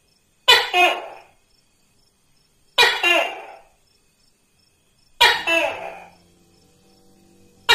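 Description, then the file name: Tokay gecko giving three loud, explosive double-noted calls a little over two seconds apart, the last followed by a faint hum, with a fourth call just starting. "tieng-tac-ke-keu-5-tieng"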